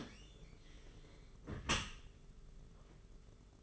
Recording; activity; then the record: daily activity, microphone in the room; close dishwasher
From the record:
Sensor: 4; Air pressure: 992.2 hPa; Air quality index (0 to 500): 108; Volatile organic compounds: 17 ppm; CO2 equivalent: 2585 ppm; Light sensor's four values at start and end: 23/78/28/30 and 22/78/28/30